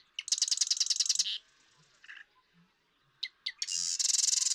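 Marsh Wren singing a fast, buzzy mechanical trill after brief clicks, then a pause, a few sharp notes, and a second rattling trill beginning.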